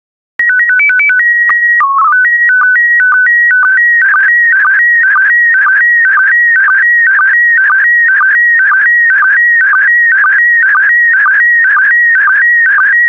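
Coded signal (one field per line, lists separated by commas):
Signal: SSTV (slow-scan television)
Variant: PD 120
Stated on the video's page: Daily SSTV transmission in PD120 mode.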